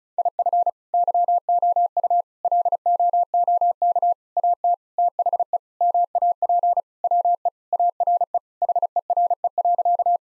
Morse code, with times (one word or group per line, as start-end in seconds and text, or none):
0.2-0.7 IF
0.9-2.2 YOU
2.4-4.1 LOOK
4.4-4.7 AT
5.0-5.6 THE
5.8-6.8 MAP
7.0-7.5 WE
7.7-8.4 ARE
8.6-10.2 HERE.